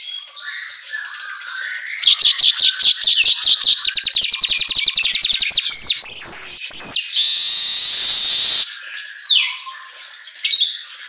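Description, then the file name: Asian golden weaver song: soft chirps, then a fast rattling series of sharp ticks, a whistled note and a loud buzzy hiss, then softer chirps again. Intended for training songbirds, in the Indonesian 'auto gacor' style of vigorous, nonstop chirping. "Suara Kicau Manyar Kepala Emas Auto Gacor"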